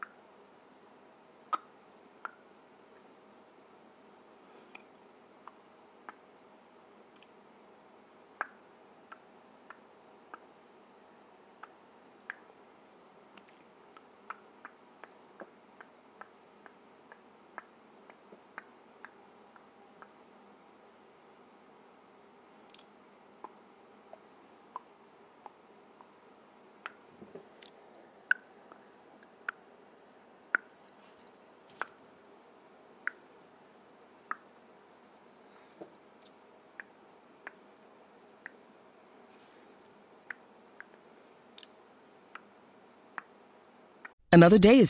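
A tongue clicks in sharp, isolated snaps, scattered irregularly across the whole stretch, sometimes in quick pairs and sometimes with pauses of a second or more. A faint steady hum sits underneath, and a louder burst cuts in right at the end.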